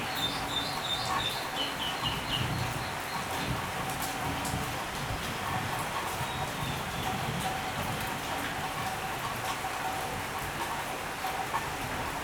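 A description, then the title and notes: Steady, dense rain pours, hissing on surfaces with constant level, while faint bird chirps and a low rumble sit underneath. Heavy storm ambience. Rain in different cities: Tigre (Argentina), Madrid (Spain), Buenos Aires (Argentina) and Berlin (Germany).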